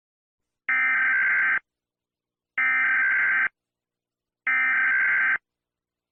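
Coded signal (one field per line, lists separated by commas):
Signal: Emergency Alert System (SAME) tones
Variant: header bursts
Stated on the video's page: Fictional earthquake scenario, not a real alert.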